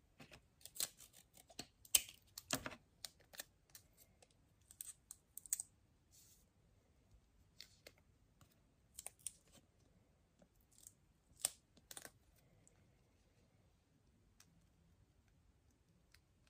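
Crinkling and tapping come in quick, irregular bursts of sharp clicks and rustles, thickest in the first six seconds with strong hits near 2 and 2.6 seconds. Later the taps thin out to scattered pairs around 9 and 12 seconds, over a faint low rumble.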